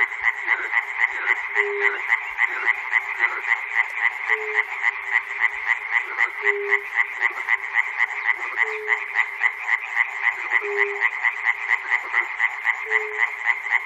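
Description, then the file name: Frog chorus, rhythmic pulsed croaking repeated several times each second, with a short low tone recurring about every two seconds. Recorded at Chernobyl. "peter cusack-chernobyl frogs"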